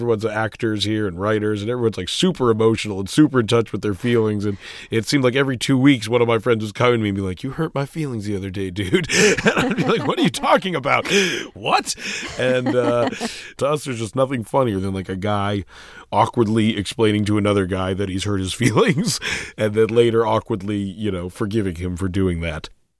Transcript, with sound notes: and everyone's actors here and writers, they were like super emotional and super in touch with their feelings, and it seemed like every two weeks one of my friend just coming to me and, like, you hurt my feelings the other day, dude. (Soundbite of laughter) And I'm like, what are you talking about? What? (Soundbite of laughter) And to us, there's just nothing funnier than, like, a guy awkwardly explaining to another guy that he's hurt his feelings, and then later, awkwardly, you know, forgiving him for doing that.